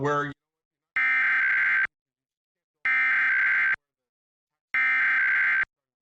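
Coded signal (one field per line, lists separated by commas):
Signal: Emergency Alert System (SAME) tones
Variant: header bursts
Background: speech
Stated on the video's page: Oklahoma required monthly test received from television subchannels and an HD radio station, recorded with a Tablo Quad tuner.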